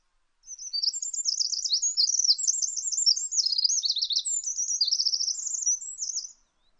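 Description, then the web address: Bird song of fast, high trills and warbled phrases run together for about six seconds, rising and falling slightly, against a silent background. "Deverinetal 2025 File origin Bird Only"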